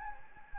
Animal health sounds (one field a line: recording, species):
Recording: mosquito wingbeat signal from an infrared sensor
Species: Anopheles gambiae